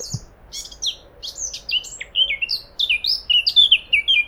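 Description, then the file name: Eurasian blackcap singing: a scratchy, high twittering start that turns into loud, clear, fluty whistled notes falling in pitch, repeated quickly. "Sylvia atricapilla"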